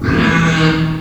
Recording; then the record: squeal of a Yucatan mini pig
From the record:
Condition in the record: after surgery on the right vocal fold (resection and tissue-engineered implant); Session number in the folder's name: 15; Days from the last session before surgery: 175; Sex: female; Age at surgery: 19 weeks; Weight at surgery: 25 kg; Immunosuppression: prednisolone